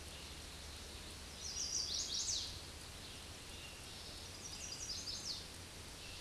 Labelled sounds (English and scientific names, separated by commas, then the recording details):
Chestnut-sided Warbler (Setophaga pensylvanica) song
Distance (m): 20 m
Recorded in a Pennsylvania forest on 18 May 2023 at 09:48
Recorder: AudioMoth, point grid1_29_low
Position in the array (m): 14 m, 88 m